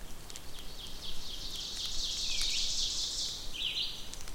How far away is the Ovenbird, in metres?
about 50 m